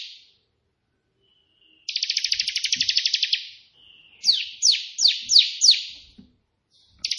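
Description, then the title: Prinia sings a long buzzy rattling trill, then five sharp slurred notes, with the trill starting again at the end. Prenjak putih song with three shooting-style variations (tembakan), intended as tutor song (masteran) for pet prinias. "3 VARIASI TEMBAKAN prenjak putih ini COCOK untuk masteran prenjak anda"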